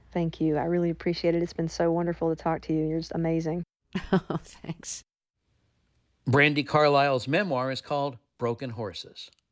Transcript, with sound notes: Thank you. I really appreciate it. It's been so wonderful to talk to you. You're just amazing.
Oh (laughter), thanks.
Brandi Carlile's memoir is called "Broken Horses."